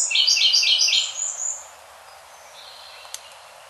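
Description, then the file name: Siberian blue robin song: a loud, rapid, rattling phrase of high, buzzy notes lasting about one and a half seconds, then quiet with a single faint tick. "koruri"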